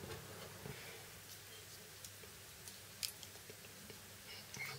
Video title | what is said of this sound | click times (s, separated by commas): Samsung Galaxy Note 2 unboxing video | that's Lots in there like like so Clicks in place | 3.0 s